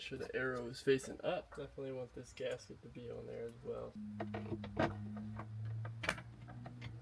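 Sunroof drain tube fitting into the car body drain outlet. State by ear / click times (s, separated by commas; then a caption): seated / 6.0 s, 6.1 s. A cut sunroof drain tube end on a G37, fitted with a one-way fitting and gasket with the arrow facing up, is pushed back into the car body's drain opening while someone talks. Sharp clicks at 6.0 and 6.1 s mark the fitting clicking into place, and it is seated.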